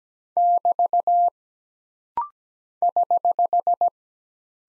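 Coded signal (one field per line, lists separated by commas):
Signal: Morse code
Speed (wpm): 17 wpm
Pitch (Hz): 700 Hz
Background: none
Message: <BT> <HH>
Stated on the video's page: Computer-generated morse code practice at 17 wpm of single punctuation and prosign characters, for instant character recognition drill.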